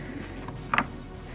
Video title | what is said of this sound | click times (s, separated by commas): How to Replace High Beam Headlight Bulb on Hyundai Elantra 2011 2012 2013 2014 2015 2016 | Push in until it clicks. | 0.7 s